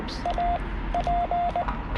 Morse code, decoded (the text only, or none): AP